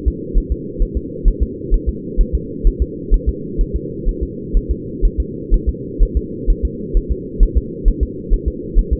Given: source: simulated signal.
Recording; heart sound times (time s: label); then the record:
fetal heart sounds
0.08 s: S2
0.38 s: S1
0.52 s: S2
0.82 s: S1
0.97 s: S2
1.28 s: S1
1.43 s: S2
1.74 s: S1
1.89 s: S2
2.21 s: S1
2.35 s: S2
2.67 s: S1
2.82 s: S2
3.14 s: S1
3.29 s: S2
3.61 s: S1
3.76 s: S2
4.09 s: S1
4.23 s: S2
4.57 s: S1
4.71 s: S2
5.05 s: S1
5.20 s: S2
5.54 s: S1
5.69 s: S2
6.03 s: S1
6.17 s: S2
6.50 s: S1
6.65 s: S2
6.97 s: S1
7.12 s: S2
7.43 s: S1
7.58 s: S2
7.88 s: S1
8.03 s: S2
8.33 s: S1
8.48 s: S2
8.78 s: S1
8.93 s: S2
From the record:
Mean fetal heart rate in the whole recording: 130 bpm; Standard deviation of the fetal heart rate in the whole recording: 2 bpm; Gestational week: 38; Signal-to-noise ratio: -4.1 dB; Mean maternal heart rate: no maternal heart sound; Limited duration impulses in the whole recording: absent